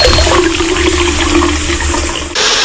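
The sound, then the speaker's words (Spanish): Loud, steady rush of running water, like a tap or flush pouring continuously, with a faint low hum underneath and a brief shift in the flow near the end. “No dejes que gota a gota el agua se agote.”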